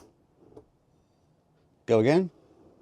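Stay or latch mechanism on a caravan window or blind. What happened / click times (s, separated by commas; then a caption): Handled, not yet home: the window stay has not clicked into its hold position / none. Someone handles the window stay or blind mechanism on a 2026 Elddis Crusader Solano caravan, pushing it toward its hold position, with a faint tap near 0.6 s over low background hiss. Someone then talks briefly. Nothing has clicked or seated yet.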